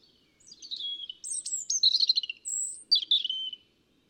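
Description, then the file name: European robin song: a tumbling string of high, liquid warbles and trills, ending with one sustained whistle and a final downslurred flourish. "Erithacus rubecula"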